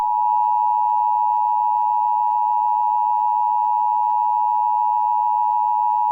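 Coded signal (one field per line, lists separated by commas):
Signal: Emergency Alert System (SAME) tones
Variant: 853 and 960 Hz attention tone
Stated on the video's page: Comcast cable emergency alert.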